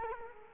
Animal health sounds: mosquito wingbeat signal from an infrared sensor; Culex quinquefasciatus

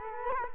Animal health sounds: mosquito wingbeat signal from an infrared sensor; Culex quinquefasciatus

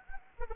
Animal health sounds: mosquito wingbeat signal from an infrared sensor; Anopheles arabiensis

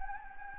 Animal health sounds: mosquito wingbeat signal from an infrared sensor; Anopheles gambiae

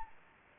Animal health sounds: mosquito wingbeat signal from an infrared sensor; Anopheles gambiae

